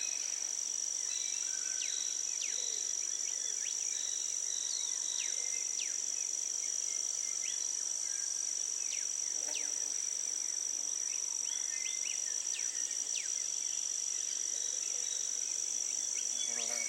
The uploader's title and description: The Daintree Rainforest. Eastern whipbird/Cicada/Spotted catbird/Graceful honeyeater/Bees/Green catbird/Torresian crow/australian crow/Yellow spotted honeyeater/Brown flyeater/Lewins flyeater/Brown cuckoo dove/Chowcilla